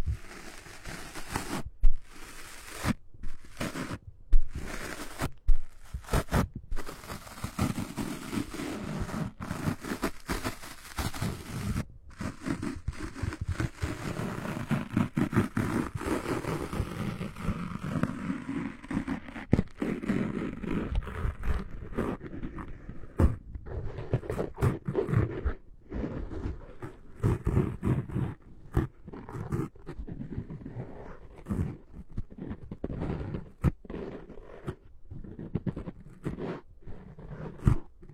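Microphone rubbing, a dense, scraping rumble that runs the whole way through, heaviest in the low and middle range. Irregular bumps and brief cutouts break it up every second or so, and the brighter scratchy edge thins out over the second half.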